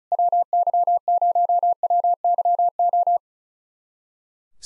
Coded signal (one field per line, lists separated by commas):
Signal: Morse code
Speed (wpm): 37 wpm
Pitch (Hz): 700 Hz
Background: none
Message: WY0WYO